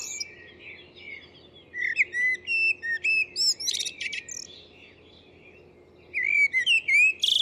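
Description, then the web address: Bird singing in two bursts of quick chirps, sharp whistled notes and short trills, high-pitched and varied, with a pause of silence between the phrases. "Deverinetal. Bird Only"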